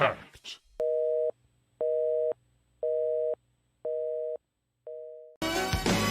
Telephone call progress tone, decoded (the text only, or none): busy tone